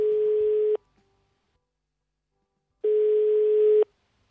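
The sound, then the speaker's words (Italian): Outgoing-call ringing tone on a telephone line: two steady, mid-pitched beeps, each about a second long, separated by a couple of seconds of silence, with no voices. “Ho preso il telefono e ho chiamato Aldo, il suo ex.”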